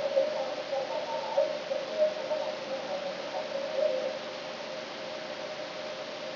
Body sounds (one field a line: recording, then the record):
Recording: brain microelectrode recording played as sound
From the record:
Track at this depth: inside the subthalamic nucleus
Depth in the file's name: 0.061 mm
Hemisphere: right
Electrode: 3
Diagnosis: Parkinson's disease